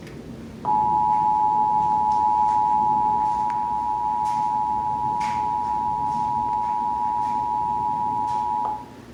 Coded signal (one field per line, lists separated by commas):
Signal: Emergency Alert System (SAME) tones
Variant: 853 and 960 Hz attention tone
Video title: (EAS #573-583) March 2024 Texas Required Monthly Test